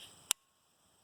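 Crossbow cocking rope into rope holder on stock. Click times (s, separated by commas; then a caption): 0.3 s. A crossbow cocking rope is pressed into the rope holder ball on the stock of a Barnett Hyper Raptor 410 crossbow. It clicks into place with a single sharp, bright snap at 0.3 s, and the rope is seated in the holder. Quiet background sound follows.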